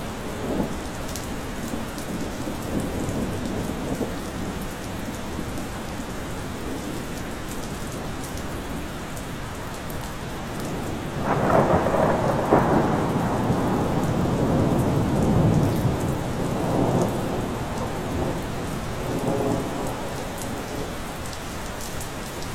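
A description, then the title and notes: A winter night thunderstorm: steady, dense rain hisses throughout with scattered drips and taps. Around eleven seconds a low thunder roll builds and rumbles for several seconds before fading back under the rain, with another fainter rumble near twenty seconds. Winter Night Thunderstorm.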